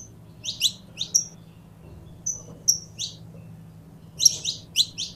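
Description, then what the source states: Belgian canary sounding irregular high chirps and brief whistled notes, ending with a quick cluster of chirps, with a low faint hum behind. Pure Belgian canary breed.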